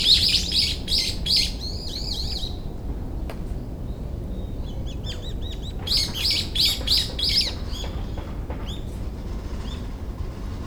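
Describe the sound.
Bird chirping in bursts of rapid high notes, two clusters separated by a quieter stretch, with low background rumble throughout.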